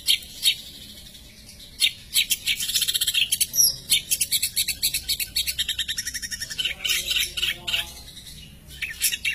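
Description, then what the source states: Long-tailed shrike song: busy, high chirps and harsh buzzy notes, with a rapid rattling trill in the middle and sharp calls throughout. Masteran recording used to train songbirds, presenting various kinds of chirping bird song.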